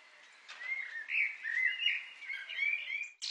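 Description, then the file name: Bird song, a warbling run of twittering notes wavering up and down, ending with a brief sharp sound. "Chants-D’oiseaux"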